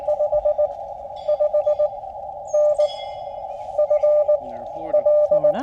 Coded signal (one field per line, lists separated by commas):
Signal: Morse code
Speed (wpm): 19 wpm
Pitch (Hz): 600 Hz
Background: speech, radio noise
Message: 55N FL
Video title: Introducing Boy Scouts to Morse Code and Parks On The Air (POTA)